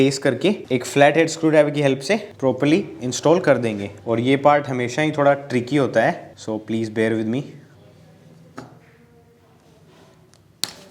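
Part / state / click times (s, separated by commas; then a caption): piston pin circlip into piston groove / seated / 10.6 s. During a Bajaj Discover 100T engine rebuild, a steel circlip is pressed with a flat screwdriver into its groove in the piston to retain the gudgeon pin. Someone talks for about the first 7.5 seconds, then it goes quiet apart from a faint tap near 8.6 s. A sharp click at 10.6 s marks the circlip snapping into its groove and seating.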